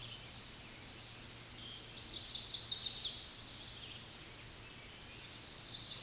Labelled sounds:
Chestnut-sided Warbler (Setophaga pensylvanica) song
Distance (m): 45 m
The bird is about 20 m above the microphone
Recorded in a Pennsylvania forest on 16 May 2024 at 09:23
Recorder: AudioMoth, point MSD-2417
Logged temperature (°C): 16.4 °C
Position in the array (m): 67 m, 62 m

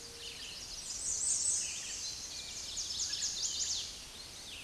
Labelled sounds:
American Redstart (Setophaga ruticilla) song
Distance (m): 25 m
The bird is about 15 m above the microphone
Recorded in a Pennsylvania forest on 16 May 2024 at 06:17
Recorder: AudioMoth, point MSD-2112
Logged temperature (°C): 16.3 °C
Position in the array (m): 34 m, 220 m

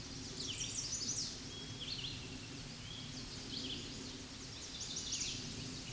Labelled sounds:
Chestnut-sided Warbler (Setophaga pensylvanica) song
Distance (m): 35 m
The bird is about 15 m above the microphone
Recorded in a Pennsylvania forest on 16 May 2024 at 07:12
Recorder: AudioMoth, point MSD-0079
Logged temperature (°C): 16.1 °C
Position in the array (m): 130 m, 96 m

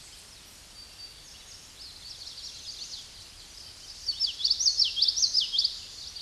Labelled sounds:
Common Yellowthroat (Geothlypis trichas) song
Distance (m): 10 m
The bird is about level with the microphone
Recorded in a Pennsylvania forest on 16 May 2024 at 08:10
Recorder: AudioMoth, point MSD-1342
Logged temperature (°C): 15.5 °C
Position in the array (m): 220 m, 186 m

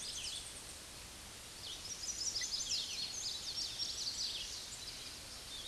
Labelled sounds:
Chestnut-sided Warbler (Setophaga pensylvanica) song
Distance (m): 5 m
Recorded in a Pennsylvania forest on 16 May 2024 at 06:44
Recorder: AudioMoth, point MSD-0438
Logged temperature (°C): 14.5 °C
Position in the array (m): 102 m, 99 m

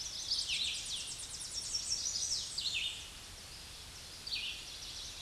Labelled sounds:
Red-eyed Vireo (Vireo olivaceus) song
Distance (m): 20 m
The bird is about 10 m above the microphone
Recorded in a Pennsylvania forest on 16 May 2024 at 08:14
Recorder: AudioMoth, point MSD-2095
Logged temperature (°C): 16.3 °C
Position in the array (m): 123 m, 64 m

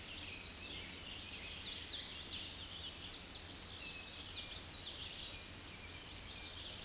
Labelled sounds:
Common Yellowthroat (Geothlypis trichas) song
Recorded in a Pennsylvania forest on 16 May 2024 at 07:07
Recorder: AudioMoth, point MSD-0508
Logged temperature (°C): 15.5 °C
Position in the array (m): 51 m, 156 m

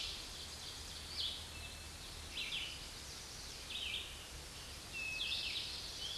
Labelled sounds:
Red-eyed Vireo (Vireo olivaceus) song
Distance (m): 10 m
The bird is about 5 m above the microphone
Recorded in a Pennsylvania forest on 16 May 2024 at 07:43
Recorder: AudioMoth, point MSD-2287
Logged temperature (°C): 11.2 °C
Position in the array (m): 150 m, 28 m

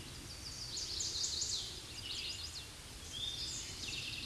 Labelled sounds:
Chestnut-sided Warbler (Setophaga pensylvanica) song
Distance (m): 30 m
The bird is about 5 m above the microphone
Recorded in a Pennsylvania forest on 16 May 2024 at 07:19
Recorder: AudioMoth, point MSD-2131
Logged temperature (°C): 14.8 °C
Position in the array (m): 12 m, 24 m

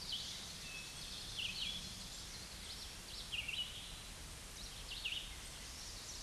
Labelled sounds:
Red-eyed Vireo (Vireo olivaceus) song
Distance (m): 30 m
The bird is about 10 m above the microphone
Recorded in a Pennsylvania forest on 16 May 2024 at 09:02
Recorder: AudioMoth, point MSD-2376
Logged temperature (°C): 16.7 °C
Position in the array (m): 150 m, 28 m

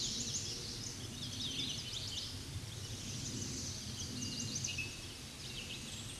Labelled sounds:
Hooded Warbler (Setophaga citrina) song
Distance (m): 55 m
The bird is about level with the microphone
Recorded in a Pennsylvania forest on 16 May 2024 at 07:37
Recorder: AudioMoth, point MSD-0508
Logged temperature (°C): 15.5 °C
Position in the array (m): 37 m, 154 m

